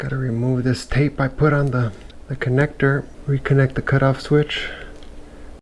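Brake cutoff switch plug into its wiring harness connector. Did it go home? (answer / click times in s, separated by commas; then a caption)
yes / 5.0 s. Someone talks while removing tape from the plastic brake cutoff switch connector on a Lectric XP 3.0 e-bike during a hydraulic brake kit install; it had been taped off because the cutoff switch was not used with Shimano brakes. The cutoff switch plug is then lined up by its tab and pushed home into its wiring harness connector. It seats with a short, positive snap at 5.0 s.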